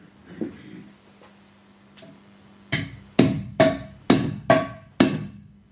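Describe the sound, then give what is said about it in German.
A hammer drives a nail into wood with six loud, evenly spaced blows, each a sharp crack with a brief metallic ring. Before them come a few seconds of faint knocks over a low hum. “Und dann packen die Soldaten seinen linken Arm, drücken ihn gleichfalls mit den Knien auf den Kreuzesbalken und nehmen einen zweiten Nagel und schlagen diesen durch seine linke Hand oder auch durch seinen Unterarm mit 3 oder 4 kräftigen Schlägen.”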